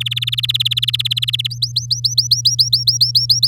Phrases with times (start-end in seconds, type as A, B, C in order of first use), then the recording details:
0.00-1.47 A, 1.50-3.47 B. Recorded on 8 May 2018 at 09:02. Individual llb16